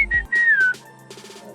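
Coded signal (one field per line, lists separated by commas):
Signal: whistled language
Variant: Khasi jingrwai iawbei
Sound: two short whistled notes near 2 kHz, the second gliding downward, then quiet rustling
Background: background rustling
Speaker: So they belong to this village called Kongthong and.. That's the whistling village, right? - It's the whistling village. Wow! - So all of them have whistle names.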